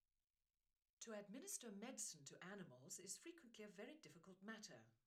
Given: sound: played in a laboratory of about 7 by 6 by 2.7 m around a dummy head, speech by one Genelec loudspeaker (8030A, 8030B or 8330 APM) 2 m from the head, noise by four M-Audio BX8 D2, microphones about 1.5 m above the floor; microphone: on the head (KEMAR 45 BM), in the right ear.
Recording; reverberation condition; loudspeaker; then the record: female speech in English; low; 90 degrees to the right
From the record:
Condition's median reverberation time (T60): about 310 ms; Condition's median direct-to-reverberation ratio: about 3.5 dB